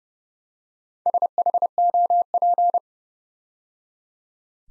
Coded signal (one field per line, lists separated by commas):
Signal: Morse code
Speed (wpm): 30 wpm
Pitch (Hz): 700 Hz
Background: none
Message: SHOP